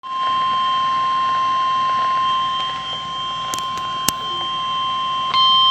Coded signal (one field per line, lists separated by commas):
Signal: Emergency Alert System (SAME) tones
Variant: 1050 Hz attention tone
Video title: EAS Severe Thunderstorm Warning Dakota Scott Rice County Minnesota NOAA Weather Radio KEC65 WNG685